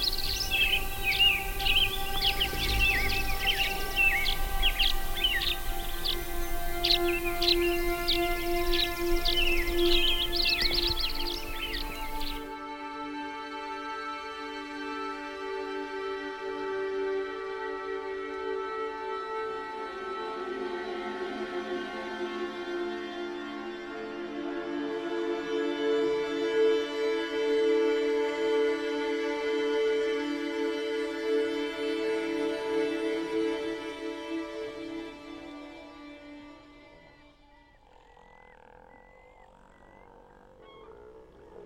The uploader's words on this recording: A prize winning piece of music played backwards and streached out underneath the birds and beasts of the north.